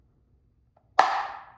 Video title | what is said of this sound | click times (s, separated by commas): Changing My Mercedes-Benz GLC 300 Oil at Home! | Clicks into place. | 1.0 s